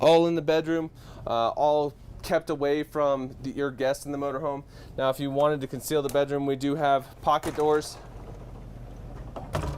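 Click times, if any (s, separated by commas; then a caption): none. Someone talks in the bedroom of a Newmar Dutch Star 4369 motorhome while starting to slide the pocket doors closed across the bedroom doorway, and two brief sharp knocks come near 9.4 and 9.6 seconds. The pocket door latch has not yet locked into place, and nothing has seated or clicked yet.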